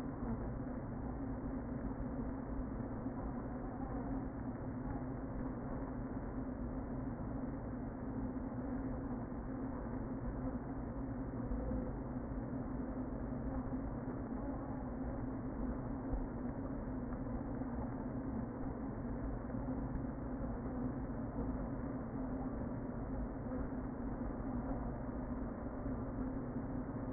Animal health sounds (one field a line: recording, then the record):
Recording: honeybee colony, microphone inside the hive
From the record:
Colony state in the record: queen present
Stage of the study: before two queens were removed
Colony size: about 60,000 bees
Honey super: yes